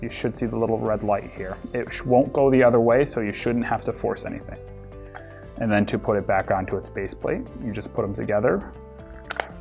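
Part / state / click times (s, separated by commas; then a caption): plastic cover onto a wireless hold-up button base plate / seated / 9.4 s. Someone talks over background music while the plastic cover of a DMP-1141-W wireless hold-up button is pressed back onto its base plate. A sharp click at 9.4 s marks the cover snapping shut and seating onto the base plate.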